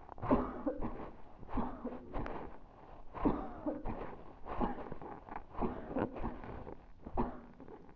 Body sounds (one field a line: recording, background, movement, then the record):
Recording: voluntary coughing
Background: quiet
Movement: sitting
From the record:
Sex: female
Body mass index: 22.6 kg/m2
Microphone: on the chest, facing the body